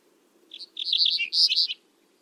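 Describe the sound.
Bird giving a brief run of sharp, high chirps and twitters about a second long, with a soft steady hum underneath.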